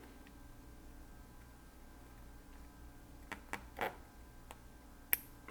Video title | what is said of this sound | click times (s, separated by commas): Motogadget Official: mo.unit Install - Part 3 - Skills Needed | And we heard a beautiful click. | 5.1 s